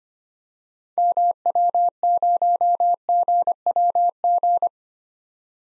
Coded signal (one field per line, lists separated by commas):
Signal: Morse code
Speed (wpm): 25 wpm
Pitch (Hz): 700 Hz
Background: none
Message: MW0GWG